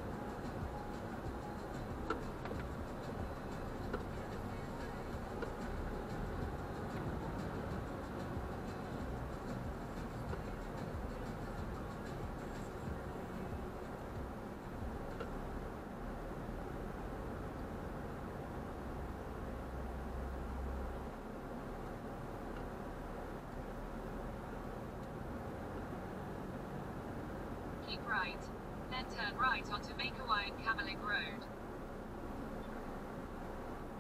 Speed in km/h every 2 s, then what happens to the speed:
4, 5, 6, 10, 9, 8, 7, 7, 9, 9, 9, 8, 8, 10, 9, 7, 6.
0-6 speeds up to 10. 6-27 steady at about 9.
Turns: none.